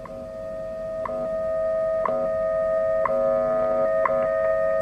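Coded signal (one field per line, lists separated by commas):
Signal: radio time signal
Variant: WWV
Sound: short clicks every second over a steady hum-like tone, about 5 ticks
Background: radio static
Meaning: Each tick marks one second of the time signal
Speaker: so as you can hear the thicking sound right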